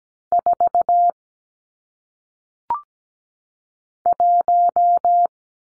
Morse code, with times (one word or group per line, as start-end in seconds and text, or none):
0.3-1.1 4
4.1-5.3 1